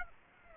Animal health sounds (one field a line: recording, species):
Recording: mosquito wingbeat signal from an infrared sensor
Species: Aedes aegypti